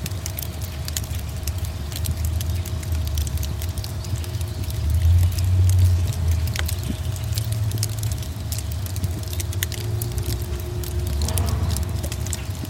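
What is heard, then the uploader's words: Sleet falls into a crumbling backyard fireplace, a dense, steady patter of tiny ticks and taps across the whole clip. Beneath it runs a constant low rumble that swells slightly around the middle, with a faint steady hum throughout. Sleet falling in a crumbling backyard fireplace.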